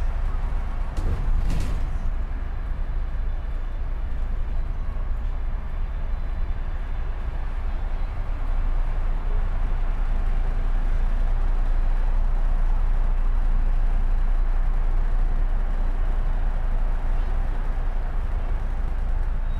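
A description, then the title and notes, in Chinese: City sound beside the 300 express bus: a steady, dense roar of traffic with a heavy low rumble that holds level for the whole clip. A couple of sharp knocks near the start, around one to two seconds, stand out briefly above the constant drone. 坐在300快外晒太阳｜城市声音。很喜欢300快外公交，坐在二层的第一排，被太阳从头到脚晒着，很浪漫。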